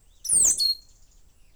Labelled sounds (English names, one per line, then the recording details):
Stitchbird song
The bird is a male
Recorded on Tiritiri Matangi Island, New Zealand, in 2005
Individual 2, of nest box 2